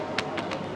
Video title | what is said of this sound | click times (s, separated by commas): AL SAFA TOURS HAJ 2026 ORIENTATION - PART 2 | ये lock हो हो गया। | 0.2 s